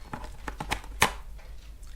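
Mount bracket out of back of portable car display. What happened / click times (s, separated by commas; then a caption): The plastic mount unclipped and came free / 1.0 s. A mount bracket is carefully pulled down to unclip it from the back of a Carpuride 901 Pro portable car display, done gently for fear of breaking it. A few light ticks come first, then a sharp, louder click at 1.0 s as the mount releases and comes out of the screen unit.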